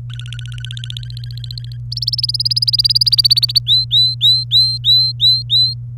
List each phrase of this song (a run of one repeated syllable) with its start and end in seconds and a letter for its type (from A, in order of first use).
0.10-1.76 A, 1.92-3.58 B, 3.67-5.74 C